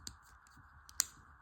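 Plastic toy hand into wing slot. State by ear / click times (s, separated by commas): seated / 1.0 s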